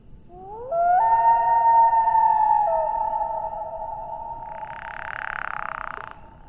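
Common loon wail, a sliding rise into a long steady note that steps down and fades, with a brief breathy rushing noise near the end.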